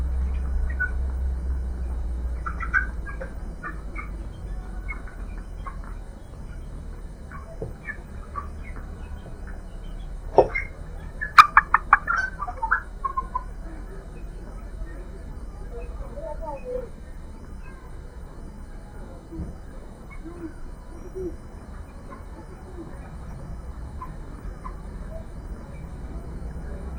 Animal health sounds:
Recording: poultry house recording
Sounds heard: healthy chickens

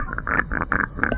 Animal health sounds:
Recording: poultry house recording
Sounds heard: sick chickens (respiratory disease)

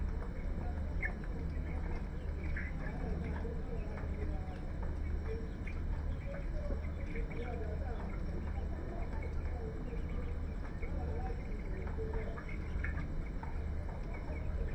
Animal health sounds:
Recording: poultry house recording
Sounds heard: healthy chickens

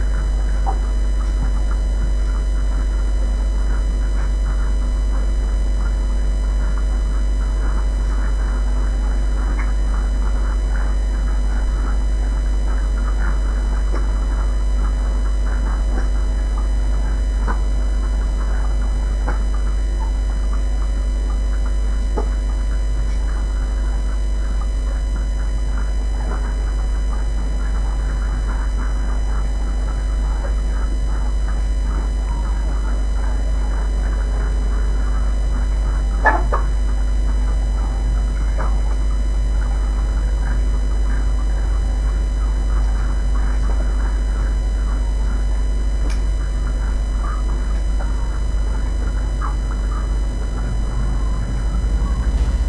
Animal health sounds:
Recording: poultry house recording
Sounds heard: sick chickens (respiratory disease)

